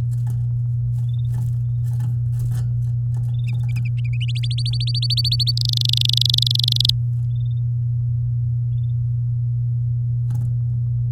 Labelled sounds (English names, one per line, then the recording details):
Domestic Canary song
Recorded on 9 May 2018 at 11:20
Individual llb16